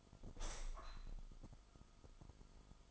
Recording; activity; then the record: daily activity, microphone in the room; open window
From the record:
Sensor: 5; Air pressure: 1004.7 hPa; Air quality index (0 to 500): 81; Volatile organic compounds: 1 ppm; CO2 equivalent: 971 ppm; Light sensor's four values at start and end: 34/79/32/31 and 34/79/32/31